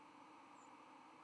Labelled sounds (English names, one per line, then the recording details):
White-throated Sparrow flight call
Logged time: 05:18 on 31 October 2014